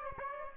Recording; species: mosquito wingbeat signal from an infrared sensor; Aedes aegypti